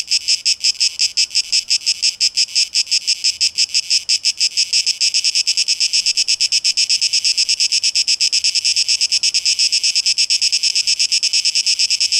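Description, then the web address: Cicada buzzing with deep, slow pulses at first that quicken into a faster, smoother throb after a few seconds. 12 August 2023, tape echo mix. "rauschpartikel Audio 2023-08-12 Zikaden"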